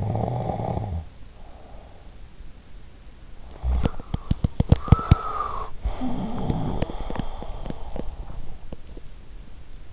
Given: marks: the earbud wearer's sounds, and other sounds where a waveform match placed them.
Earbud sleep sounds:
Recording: sounds in sleep by an in-ear microphone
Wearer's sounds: snoring breath, teeth grinding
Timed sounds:
0.00-2.32 s: snoring breath
3.44-8.81 s: teeth grinding

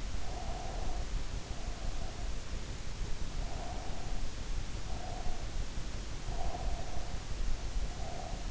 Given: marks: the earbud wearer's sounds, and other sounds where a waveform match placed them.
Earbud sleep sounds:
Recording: sounds in sleep by an in-ear microphone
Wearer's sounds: breath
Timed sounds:
0.32-2.31 s: breath
3.35-5.48 s: breath
6.16-8.51 s: breath

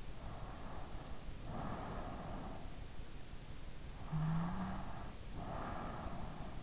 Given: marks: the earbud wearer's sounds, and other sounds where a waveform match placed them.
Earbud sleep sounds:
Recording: sounds in sleep by an in-ear microphone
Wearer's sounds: breath, snoring breath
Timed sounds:
0.12-2.50 s: breath
3.84-6.63 s: snoring breath

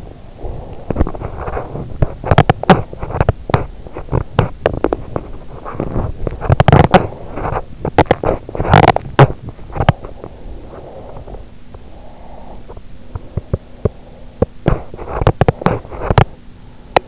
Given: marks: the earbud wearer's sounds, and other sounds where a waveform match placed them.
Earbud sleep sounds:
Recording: sounds in sleep by an in-ear microphone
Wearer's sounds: snoring breath, teeth grinding, breath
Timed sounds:
0.00-0.89 s: snoring breath
0.86-11.82 s: teeth grinding
10.64-12.86 s: breath
12.67-17.08 s: teeth grinding

